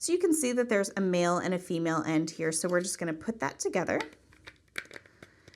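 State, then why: Seated. Someone talks while joining the male and female ends of two plastic bracelet-loom tracks. The track end is slid down into the mating track end and snaps into place with a sharp click at 4.8 s, followed by a few faint clicks. The joint is seated.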